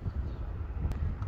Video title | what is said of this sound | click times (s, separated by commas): 2011 Bailey Olympus 534 induction video | just behind that here we've got your front Locker now when you open this you'll hear it click | 0.9 s, 1.2 s